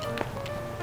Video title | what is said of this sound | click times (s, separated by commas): Showing You My Balloon Apron That I Use For Balloon Gigs! | You hear it snap into place, and | 0.2 s